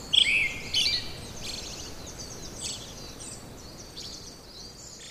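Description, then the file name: Brown-headed thrush song: a loud whistled phrase dropping in pitch, then a second shorter note and faint high twitters over steady background hiss. "akahara"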